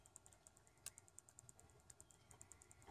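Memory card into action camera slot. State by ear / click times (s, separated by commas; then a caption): not seated / none. An SD memory card is pushed repeatedly into the slot of a GeekPro 4.0 action camera, making a run of short, sharp, light ticks throughout, the loudest near 0.9 s. The card pops in but nothing has clicked or latched yet.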